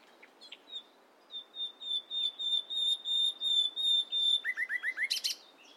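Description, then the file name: Common nightingale song: a series of long, pure, high whistles swelling in loudness, ending with quick rising notes and a burst of harsh chatter. "Luscinia megarhynchos"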